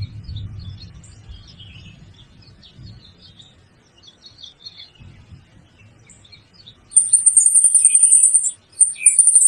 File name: saira de bando